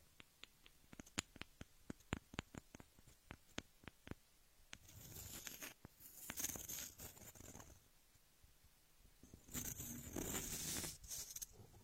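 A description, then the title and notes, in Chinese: Ear massage with no voice: a quick run of crisp, regular taps fills the first four seconds, about four per second. Then come soft, bright rubbing and brushing sounds close to the ear, easing off near eight seconds and returning louder after nine. 姐姐无人声按摩耳朵（声控助眠）。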